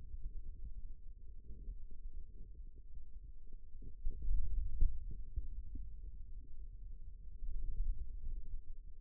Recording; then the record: forearm muscle sounds (acoustic myography)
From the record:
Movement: radial deviation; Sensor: system 2, bracelet of six BSWA MPA416 microphones around the upper forearm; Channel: 3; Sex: male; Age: 22 years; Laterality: right